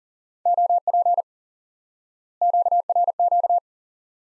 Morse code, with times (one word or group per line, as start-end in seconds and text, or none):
0.5-1.2 OP
2.4-3.6 QRQ